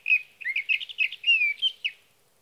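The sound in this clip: Sage thrasher song: a rapid run of varied warbled and whistled notes, with slurred rising and falling phrases, lasting about two seconds.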